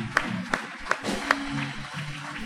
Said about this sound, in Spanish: Aleluya, dale un aplauso al Señor, dáselo fuerte si es para Él.